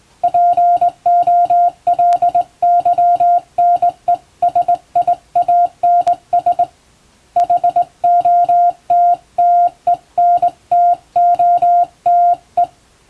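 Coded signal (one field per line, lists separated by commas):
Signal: Morse code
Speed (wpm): 21 wpm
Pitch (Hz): 700 Hz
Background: music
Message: POLYNESIANS HOTTENTOTE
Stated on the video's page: Morse radiotelegram sent on a vertical straight key, practice using a text for sending English-language telegrams, in the style of ship-to-coast-station traffic.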